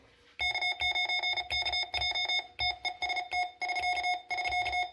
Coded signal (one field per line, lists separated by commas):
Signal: Morse code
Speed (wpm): 34 wpm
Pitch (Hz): 2150 Hz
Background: none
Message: K9KJ TEST <SK><SK>